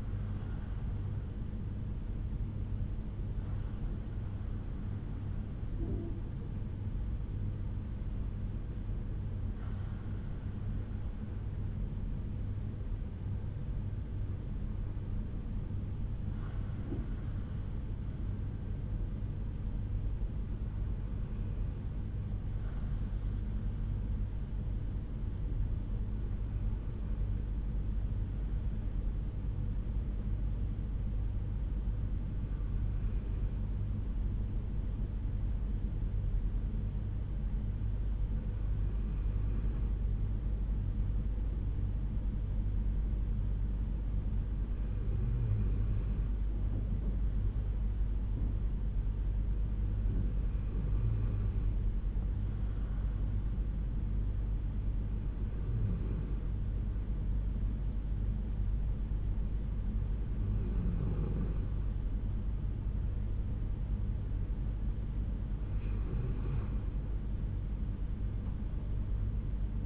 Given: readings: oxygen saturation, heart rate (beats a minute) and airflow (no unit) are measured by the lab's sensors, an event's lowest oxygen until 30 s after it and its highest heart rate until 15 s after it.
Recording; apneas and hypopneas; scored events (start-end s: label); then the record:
breathing in sleep by a smartphone at the bedside; 1
11.00-69.86 s: new sleep stage, N2 (light sleep)
21.00-62.40 s: hypopnea (N2, oxygen 96% highest, then 93% lowest, heart rate 61 at the start, 70 highest)
From the record:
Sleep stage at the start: N1 (lightest sleep); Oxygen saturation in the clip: 89 to 96%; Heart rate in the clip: 59 to 71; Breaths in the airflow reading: 12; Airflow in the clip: -5.2 to 7.2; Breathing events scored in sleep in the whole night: 368 in 8.0 hours asleep